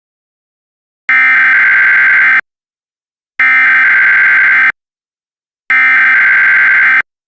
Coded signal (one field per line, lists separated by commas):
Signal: Emergency Alert System (SAME) tones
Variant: header bursts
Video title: EAS Mini Scenario - SCP-4991